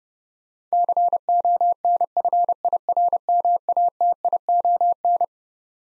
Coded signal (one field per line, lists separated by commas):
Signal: Morse code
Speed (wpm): 32 wpm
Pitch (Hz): 700 Hz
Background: none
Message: CONFIRMATION